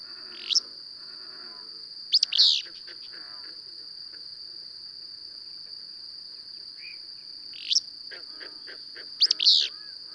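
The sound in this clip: Bird song: rising chirps and buzzy double notes recurring a few times, with faint softer chirping between and an unbroken shrill background tone.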